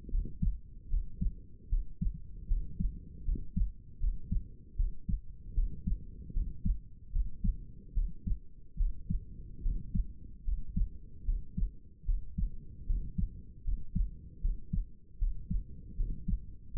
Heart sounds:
heart sounds by stethoscope; 76 bpm
0.10 s: heartbeat
0.89 s: heartbeat
1.68 s: heartbeat
2.47 s: heartbeat
3.24 s: heartbeat
3.99 s: heartbeat
4.75 s: heartbeat
5.54 s: heartbeat
6.33 s: heartbeat
7.11 s: heartbeat
7.93 s: heartbeat
8.76 s: heartbeat
9.62 s: heartbeat
10.44 s: heartbeat
11.24 s: heartbeat
12.05 s: heartbeat
12.86 s: heartbeat
13.63 s: heartbeat
14.40 s: heartbeat
15.18 s: heartbeat
15.96 s: heartbeat
16.72 s: heartbeat
From the record:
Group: healthy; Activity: rest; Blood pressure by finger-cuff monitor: 113/78 mmHg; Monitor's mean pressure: 85 mmHg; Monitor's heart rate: 75 bpm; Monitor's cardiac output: 5.9 L/min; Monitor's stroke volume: 78 mL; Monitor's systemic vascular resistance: 1050 dyn s/cm5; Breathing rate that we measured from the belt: 18 breaths a minute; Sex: male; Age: 35 years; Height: 180 cm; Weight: 86.9 kg

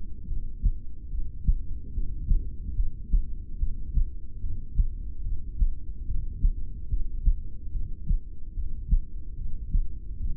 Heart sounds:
heart sounds by stethoscope; 73 bpm
0.23 s: heartbeat
1.06 s: heartbeat
1.88 s: heartbeat
2.72 s: heartbeat
3.54 s: heartbeat
4.36 s: heartbeat
5.19 s: heartbeat
6.02 s: heartbeat
6.85 s: heartbeat
7.67 s: heartbeat
8.49 s: heartbeat
9.32 s: heartbeat
10.15 s: heartbeat
From the record:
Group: heart failure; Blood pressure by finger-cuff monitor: 96/60 mmHg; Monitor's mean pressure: 73 mmHg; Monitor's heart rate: 73 bpm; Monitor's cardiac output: 6.5 L/min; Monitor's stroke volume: 91 mL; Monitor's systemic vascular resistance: 810 dyn s/cm5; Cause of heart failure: ischemic heart disease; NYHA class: 2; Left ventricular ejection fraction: 28%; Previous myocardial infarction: present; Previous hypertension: present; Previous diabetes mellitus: present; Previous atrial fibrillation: present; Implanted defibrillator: present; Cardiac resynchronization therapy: present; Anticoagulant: apixaban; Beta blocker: bisoprolol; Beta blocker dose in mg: 10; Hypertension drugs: sacubitril-valsartan, spironolactone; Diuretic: furosemide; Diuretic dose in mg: 20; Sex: male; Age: 62 years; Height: 178 cm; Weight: 88.3 kg

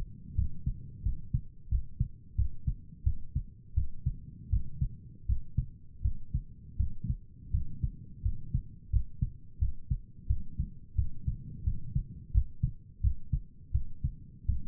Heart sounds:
heart sounds by stethoscope; 85 bpm
0.36 s: heartbeat
1.04 s: heartbeat
1.70 s: heartbeat
2.37 s: heartbeat
3.05 s: heartbeat
3.75 s: heartbeat
4.51 s: heartbeat
5.27 s: heartbeat
6.03 s: heartbeat
6.78 s: heartbeat
7.52 s: heartbeat
8.23 s: heartbeat
8.91 s: heartbeat
9.60 s: heartbeat
10.28 s: heartbeat
10.97 s: heartbeat
11.65 s: heartbeat
12.33 s: heartbeat
13.02 s: heartbeat
13.73 s: heartbeat
14.47 s: heartbeat
From the record:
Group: healthy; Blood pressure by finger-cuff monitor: 98/57 mmHg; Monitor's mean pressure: 69 mmHg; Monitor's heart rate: 87 bpm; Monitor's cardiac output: 7.8 L/min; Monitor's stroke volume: 91 mL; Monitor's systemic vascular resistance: 640 dyn s/cm5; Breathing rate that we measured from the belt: 17 breaths a minute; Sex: male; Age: 19 years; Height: 178 cm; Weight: 83 kg

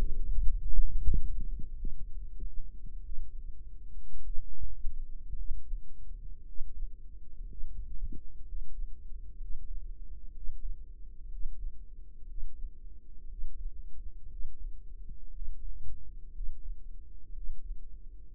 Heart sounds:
heart sounds by microphone in the right ear; 57 bpm
0.42 s: heartbeat
1.76 s: heartbeat
3.03 s: heartbeat
4.22 s: heartbeat
5.35 s: heartbeat
6.44 s: heartbeat
7.46 s: heartbeat
8.44 s: heartbeat
9.38 s: heartbeat
10.32 s: heartbeat
11.28 s: heartbeat
12.26 s: heartbeat
13.27 s: heartbeat
14.28 s: heartbeat
15.31 s: heartbeat
16.32 s: heartbeat
17.33 s: heartbeat
18.34 s: heartbeat
From the record:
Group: healthy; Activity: breath hold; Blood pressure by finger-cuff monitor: 92/58 mmHg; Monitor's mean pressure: 68 mmHg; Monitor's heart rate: 59 bpm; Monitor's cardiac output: 4.7 L/min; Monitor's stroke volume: 81 mL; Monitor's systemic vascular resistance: 1040 dyn s/cm5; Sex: female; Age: 28 years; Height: 170 cm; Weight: 77 kg

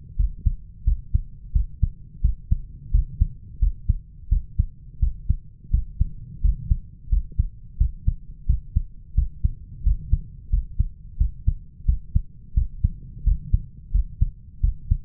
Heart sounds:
heart sounds by stethoscope; 87 bpm
0.18 s: heartbeat
0.86 s: heartbeat
1.55 s: heartbeat
2.24 s: heartbeat
2.93 s: heartbeat
3.61 s: heartbeat
4.31 s: heartbeat
5.02 s: heartbeat
5.73 s: heartbeat
6.43 s: heartbeat
7.11 s: heartbeat
7.80 s: heartbeat
8.48 s: heartbeat
9.17 s: heartbeat
9.85 s: heartbeat
10.52 s: heartbeat
11.20 s: heartbeat
11.88 s: heartbeat
12.56 s: heartbeat
13.26 s: heartbeat
13.94 s: heartbeat
14.63 s: heartbeat
From the record:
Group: healthy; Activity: rest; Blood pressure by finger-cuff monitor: 134/87 mmHg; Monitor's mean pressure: 102 mmHg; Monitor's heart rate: 87 bpm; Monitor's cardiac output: 7.1 L/min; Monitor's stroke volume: 81 mL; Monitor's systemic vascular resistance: 1060 dyn s/cm5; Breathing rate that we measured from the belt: 18 breaths a minute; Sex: male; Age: 21 years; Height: 175 cm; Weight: 72.6 kg

